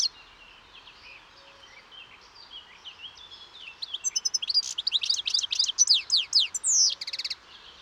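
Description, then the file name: European goldfinch with soft scattered chirps at first, building into a loud, fast series of bright, sliding twitter notes before stopping. "Carduelis carduelis"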